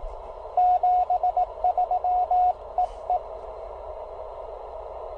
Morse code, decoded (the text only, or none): 73 EE